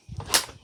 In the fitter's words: there it clicked okay so next we're